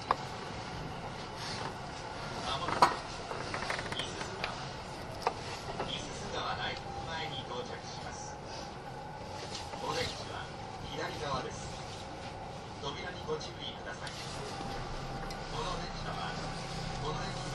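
Onboard the Kintetsu 80000 series Hinotori train, a steady low rumble of running gear fills the recording, with talking voices over it throughout. Brief sharp clicks and knocks come every few seconds, the loudest near the three-second mark.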